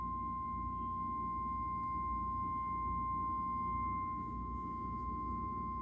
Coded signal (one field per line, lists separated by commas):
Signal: Emergency Alert System (SAME) tones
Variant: 1050 Hz attention tone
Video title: Required monthly tests (EAS #48-56) 11/1/2021